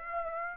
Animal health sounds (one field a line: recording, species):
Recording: mosquito wingbeat signal from an infrared sensor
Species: Aedes aegypti